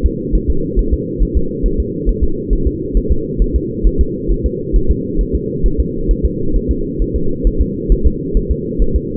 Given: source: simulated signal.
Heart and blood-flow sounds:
fetal heart sounds
0.06 s: S2
0.35 s: S1
0.50 s: S2
0.79 s: S1
0.94 s: S2
1.23 s: S1
1.37 s: S2
1.66 s: S1
1.80 s: S2
2.09 s: S1
2.24 s: S2
2.53 s: S1
2.67 s: S2
2.97 s: S1
3.12 s: S2
3.42 s: S1
3.56 s: S2
3.87 s: S1
4.01 s: S2
4.31 s: S1
4.46 s: S2
4.76 s: S1
4.91 s: S2
5.21 s: S1
5.35 s: S2
5.66 s: S1
5.80 s: S2
6.11 s: S1
6.26 s: S2
6.56 s: S1
6.71 s: S2
7.02 s: S1
7.16 s: S2
7.47 s: S1
7.61 s: S2
7.92 s: S1
8.06 s: S2
8.37 s: S1
8.51 s: S2
8.82 s: S1
8.96 s: S2
From the record:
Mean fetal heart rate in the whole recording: 135 bpm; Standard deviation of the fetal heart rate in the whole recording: 3 bpm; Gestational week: 36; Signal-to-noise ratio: -8.1 dB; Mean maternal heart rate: 72 bpm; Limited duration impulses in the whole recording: present

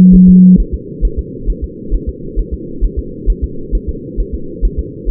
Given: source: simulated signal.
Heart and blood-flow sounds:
fetal heart sounds
0.15 s: S1
0.29 s: S2
0.60 s: S1
0.74 s: S2
1.05 s: S1
1.19 s: S2
1.50 s: S1
1.64 s: S2
1.94 s: S1
2.09 s: S2
2.39 s: S1
2.53 s: S2
2.84 s: S1
2.99 s: S2
3.30 s: S1
3.44 s: S2
3.75 s: S1
3.89 s: S2
4.20 s: S1
4.34 s: S2
4.65 s: S1
4.79 s: S2
5.09 s: S1
From the record:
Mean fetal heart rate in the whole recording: 135 bpm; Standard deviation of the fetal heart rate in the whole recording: 3 bpm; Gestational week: 36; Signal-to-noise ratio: -4.3 dB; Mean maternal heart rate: 72 bpm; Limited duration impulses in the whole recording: present

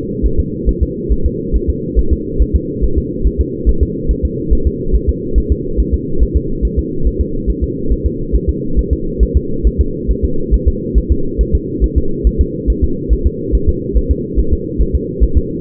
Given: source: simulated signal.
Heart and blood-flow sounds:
fetal heart sounds
0.26 s: S1
0.40 s: S2
0.69 s: S1
0.83 s: S2
1.12 s: S1
1.26 s: S2
1.56 s: S1
1.69 s: S2
1.99 s: S1
2.13 s: S2
2.42 s: S1
2.56 s: S2
2.84 s: S1
2.98 s: S2
3.27 s: S1
3.41 s: S2
3.69 s: S1
3.83 s: S2
4.11 s: S1
4.25 s: S2
4.53 s: S1
4.67 s: S2
4.95 s: S1
5.09 s: S2
5.38 s: S1
5.52 s: S2
5.80 s: S1
5.94 s: S2
6.23 s: S1
6.37 s: S2
6.65 s: S1
6.79 s: S2
7.07 s: S1
7.21 s: S2
7.50 s: S1
7.63 s: S2
7.92 s: S1
8.06 s: S2
8.35 s: S1
8.49 s: S2
8.79 s: S1
8.93 s: S2
9.23 s: S1
9.37 s: S2
9.67 s: S1
9.81 s: S2
10.11 s: S1
10.25 s: S2
10.54 s: S1
10.68 s: S2
10.98 s: S1
11.12 s: S2
11.41 s: S1
11.55 s: S2
11.84 s: S1
11.98 s: S2
12.27 s: S1
12.41 s: S2
12.70 s: S1
12.84 s: S2
13.13 s: S1
13.27 s: S2
13.55 s: S1
13.69 s: S2
13.97 s: S1
14.11 s: S2
14.39 s: S1
14.53 s: S2
14.81 s: S1
14.95 s: S2
15.24 s: S1
15.37 s: S2
From the record:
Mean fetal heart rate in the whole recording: 140 bpm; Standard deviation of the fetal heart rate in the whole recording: 2 bpm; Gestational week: 34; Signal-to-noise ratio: -8.1 dB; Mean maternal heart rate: 72 bpm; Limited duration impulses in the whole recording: absent

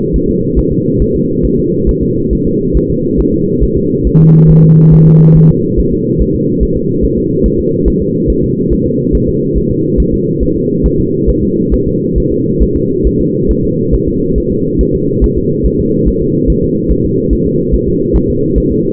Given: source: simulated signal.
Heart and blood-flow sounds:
fetal heart sounds
0.16 s: S1
0.30 s: S2
0.59 s: S1
0.72 s: S2
1.02 s: S1
1.16 s: S2
1.45 s: S1
1.59 s: S2
1.89 s: S1
2.03 s: S2
2.33 s: S1
2.47 s: S2
2.77 s: S1
2.90 s: S2
3.20 s: S1
3.34 s: S2
3.63 s: S1
3.77 s: S2
4.07 s: S1
4.21 s: S2
4.50 s: S1
4.64 s: S2
4.94 s: S1
5.08 s: S2
5.37 s: S1
5.51 s: S2
5.79 s: S1
5.93 s: S2
6.21 s: S1
6.35 s: S2
6.63 s: S1
6.77 s: S2
7.04 s: S1
7.18 s: S2
7.46 s: S1
7.60 s: S2
7.88 s: S1
8.02 s: S2
8.30 s: S1
8.44 s: S2
8.73 s: S1
8.86 s: S2
9.15 s: S1
9.29 s: S2
9.57 s: S1
9.71 s: S2
10.00 s: S1
10.14 s: S2
10.43 s: S1
10.57 s: S2
10.86 s: S1
11.00 s: S2
11.30 s: S1
11.43 s: S2
11.74 s: S1
11.88 s: S2
12.18 s: S1
12.32 s: S2
12.62 s: S1
12.76 s: S2
13.07 s: S1
13.21 s: S2
13.51 s: S1
13.65 s: S2
13.94 s: S1
14.08 s: S2
14.38 s: S1
14.52 s: S2
14.81 s: S1
14.95 s: S2
15.24 s: S1
15.38 s: S2
15.66 s: S1
15.80 s: S2
16.08 s: S1
16.22 s: S2
16.50 s: S1
16.64 s: S2
16.91 s: S1
17.05 s: S2
17.33 s: S1
17.47 s: S2
17.74 s: S1
17.88 s: S2
18.16 s: S1
18.30 s: S2
18.58 s: S1
18.72 s: S2
From the record:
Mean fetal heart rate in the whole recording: 140 bpm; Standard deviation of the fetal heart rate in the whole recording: 2 bpm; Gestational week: 34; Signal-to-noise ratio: -11.2 dB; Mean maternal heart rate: 72 bpm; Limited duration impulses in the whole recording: present

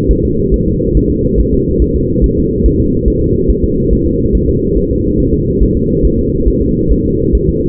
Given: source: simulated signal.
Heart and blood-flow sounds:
fetal heart sounds
0.11 s: S1
0.25 s: S2
0.54 s: S1
0.68 s: S2
0.97 s: S1
1.11 s: S2
1.40 s: S1
1.54 s: S2
1.82 s: S1
1.96 s: S2
2.24 s: S1
2.38 s: S2
2.66 s: S1
2.80 s: S2
3.08 s: S1
3.22 s: S2
3.50 s: S1
3.64 s: S2
3.93 s: S1
4.07 s: S2
4.35 s: S1
4.49 s: S2
4.77 s: S1
4.91 s: S2
5.20 s: S1
5.34 s: S2
5.62 s: S1
5.77 s: S2
6.05 s: S1
6.19 s: S2
6.48 s: S1
6.62 s: S2
6.92 s: S1
7.06 s: S2
7.35 s: S1
7.49 s: S2
From the record:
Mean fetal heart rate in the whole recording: 140 bpm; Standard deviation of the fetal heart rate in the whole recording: 2 bpm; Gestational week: 34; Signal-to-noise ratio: -14.7 dB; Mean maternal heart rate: 72 bpm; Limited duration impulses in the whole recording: present

